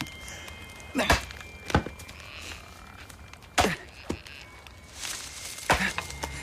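An axe chops firewood for a campfire that is about to go out, in about five sharp, woody thunks at an uneven, unhurried pace, with a faint hiss of ambient noise between the strikes and no talking.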